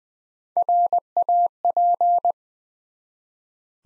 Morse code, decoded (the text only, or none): RAP